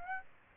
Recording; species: mosquito wingbeat signal from an infrared sensor; Aedes aegypti